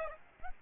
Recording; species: mosquito wingbeat signal from an infrared sensor; Aedes albopictus